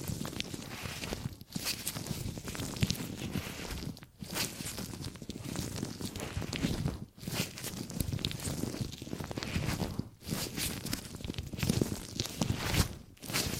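Gripping and grabbing sounds: a dense, continuous run of rustling, crunching handling noise with rapid scraping textures across low and bright ranges. Brief pauses break it up near 1.5, 4, 7, 10 and 13 seconds before the busy grabbing resumes.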